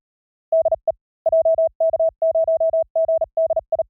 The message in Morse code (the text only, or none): DE JK0GDI